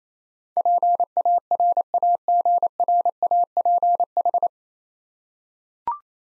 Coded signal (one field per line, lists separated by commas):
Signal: Morse code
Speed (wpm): 28 wpm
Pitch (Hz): 700 Hz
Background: none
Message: PARAGRAPH